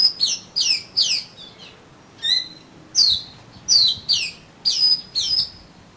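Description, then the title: Oriental magpie-robin song: about nine loud, steeply falling sweeping notes repeated at irregular intervals, with one lower whistle in the middle. "Kacer Kacer"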